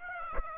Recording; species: mosquito wingbeat signal from an infrared sensor; Aedes aegypti